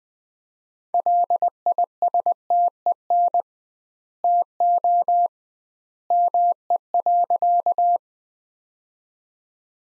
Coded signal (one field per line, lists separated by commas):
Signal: Morse code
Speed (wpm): 20 wpm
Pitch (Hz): 700 Hz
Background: none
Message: LISTEN TO ME.